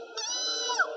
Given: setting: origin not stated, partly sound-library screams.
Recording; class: one-second piece from a danger detection set; woman in danger